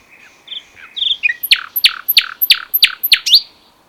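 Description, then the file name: Common nightingale song: soft opening notes, then a loud series of sharp, down-slurred notes repeated about three times a second. "Luscinia megarhynchos"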